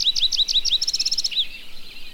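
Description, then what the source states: Yellow-eyed Junco song: five quick slurred notes, then a fast high trill, ending with one lower slurred note. Southeast Arizona and central Mexico; year-round in same area; altitudinal migrant, some nest on ground at higher elevations in summer, moving to desert floor in winter; forages in leaf litter for pine and oak seeds.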